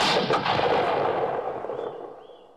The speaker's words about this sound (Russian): Пьер напуган звуком выстрела.